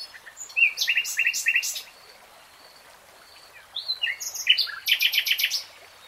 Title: [Tiếng chim hót] 3 Hours REALTIME Nightingale Singing